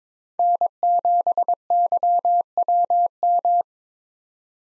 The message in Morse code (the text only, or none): N7YWM